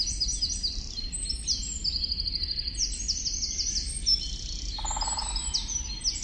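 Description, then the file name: Eurasian wren pouring out fast, high, rattling trills and twittering phrases almost nonstop; a short lower buzzy sound late on and a low hum in the background. "Troglodytes troglodytes"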